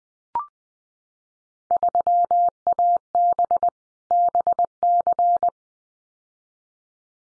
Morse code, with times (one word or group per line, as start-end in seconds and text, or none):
1.7-3.7 3AB
4.1-5.5 BC